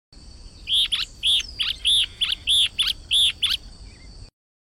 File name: Canto do Guaracava de barriga amarela